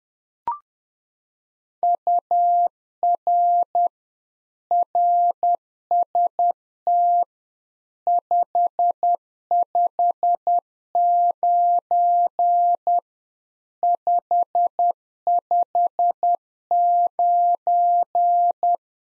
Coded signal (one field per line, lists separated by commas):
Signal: Morse code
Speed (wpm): 10 wpm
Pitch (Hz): 700 Hz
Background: none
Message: UR RST 559 559